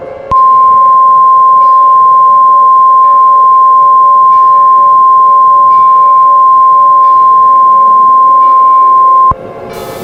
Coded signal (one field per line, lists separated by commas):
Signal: Emergency Alert System (SAME) tones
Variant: 1050 Hz attention tone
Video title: EAS SCENARIO GODZILLA